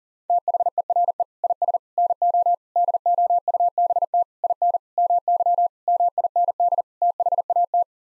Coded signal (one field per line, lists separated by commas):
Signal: Morse code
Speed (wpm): 40 wpm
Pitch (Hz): 700 Hz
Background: none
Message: THERE IS NO DOUBT IN MY MIND THAT